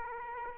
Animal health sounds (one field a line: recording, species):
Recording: mosquito wingbeat signal from an infrared sensor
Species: Aedes aegypti